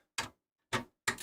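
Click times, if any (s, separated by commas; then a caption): none. A graphics card sitting crooked in a motherboard PCIe slot is pushed and adjusted, producing short, broad knocks around 0.2 s, 0.7 s and 1.1 s with silence between them. The card is still not fully seated in the slot; nothing has seated or clicked yet.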